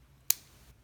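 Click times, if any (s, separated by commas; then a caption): 0.3 s. Last two plastic wings are pushed into the body of a transforming ball toy figure while its head is held down. A single sharp, bright little snap is heard at 0.3 s, with a faint tick near 0.8 s. The wings snap into place and are seated.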